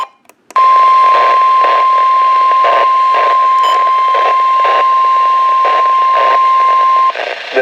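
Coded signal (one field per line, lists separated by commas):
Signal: Emergency Alert System (SAME) tones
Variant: 1050 Hz attention tone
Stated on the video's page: Flash flood, severe thunderstorm and special marine warning alerts recorded off NOAA Weather Radio stations.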